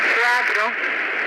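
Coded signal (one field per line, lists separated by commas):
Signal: numbers station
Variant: Spanish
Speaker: Bien, ese es un ejemplo de las transmisiones en idioma español. Y bueno, esta última fue grabada por su servidor, si les llega a interesar, en la frecuencia 11.735.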